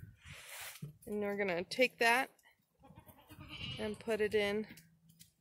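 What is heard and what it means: Someone talks while handling the button half of a plastic livestock ear tag, getting ready to push it onto the jaw of a tagging applicator. Nothing has seated or clicked yet; the clip ends just before the part goes home.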